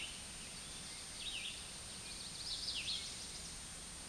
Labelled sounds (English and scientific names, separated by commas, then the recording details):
Red-eyed Vireo (Vireo olivaceus) song
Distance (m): 25 m
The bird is about 5 m above the microphone
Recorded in a Pennsylvania forest on 16 May 2024 at 08:34
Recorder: AudioMoth, point MSD-0398
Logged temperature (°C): 16.4 °C
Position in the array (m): 155 m, 66 m